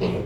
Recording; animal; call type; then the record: contact call of a hoofed animal; pig; closed-mouth grunt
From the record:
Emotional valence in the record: negative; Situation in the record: short social isolation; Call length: 0.25 s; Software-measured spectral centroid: 1530 Hz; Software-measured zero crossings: 1020 a second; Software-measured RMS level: -24 dBFS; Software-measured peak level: -12 dBFS